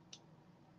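The tongue of a small box clasp on a sterling bracelet or necklace is pushed into its clasp box and snaps shut. A single sharp, brief tick sounds at 0.1 s over a quiet, steady background. The clasp is seated and closed securely.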